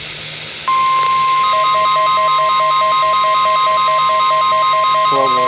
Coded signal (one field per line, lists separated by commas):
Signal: Emergency Alert System (SAME) tones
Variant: 1050 Hz attention tone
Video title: flash flood warning (eas 107)